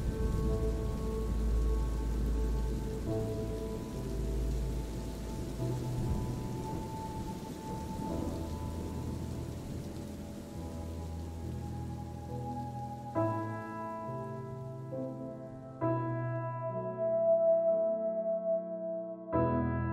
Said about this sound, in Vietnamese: mặc cho mưa rơi ướt người, mặc cho từng hạt mưa thấu lạnh từng thứ thịt.